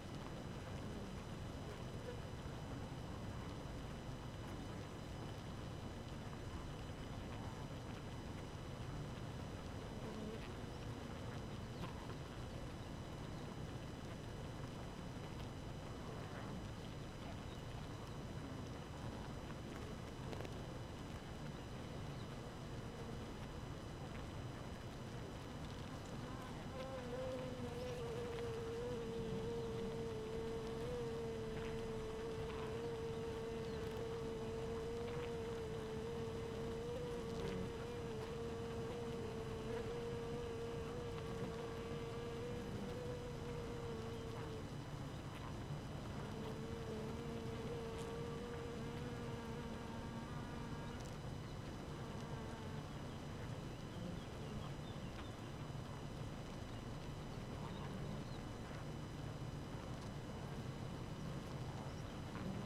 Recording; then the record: honeybee colony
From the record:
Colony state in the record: active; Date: 12 June 2018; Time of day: 4:38